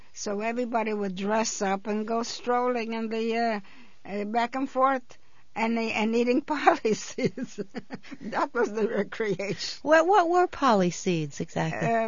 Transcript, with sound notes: So everybody would dress up, and go strolling on the, back and forth, and, and eating polly seeds. (she laughs) That was the recreation.
What were polly seeds exactly?